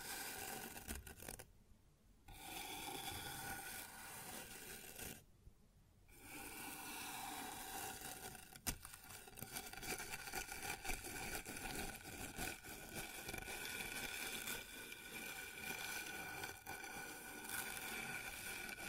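Scraping and rubbing sounds on a wooden surface, dense and rough, with a grinding, rasping texture that continues nearly throughout. Two brief pauses break it near two and five seconds, and a sharp knock lands around the nine-second mark.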